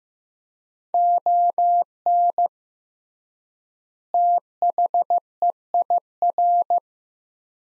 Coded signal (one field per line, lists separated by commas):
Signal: Morse code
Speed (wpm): 15 wpm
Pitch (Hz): 700 Hz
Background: none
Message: ON THEIR